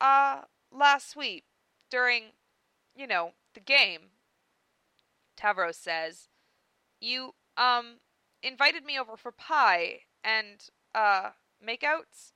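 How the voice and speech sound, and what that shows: A woman reads a character's lines with an acted stutter drawn from her own natural stuttery rhythm of speech: halting phrases, drawn-out 'uh' and 'um' fillers, glottal catches and long silent gaps.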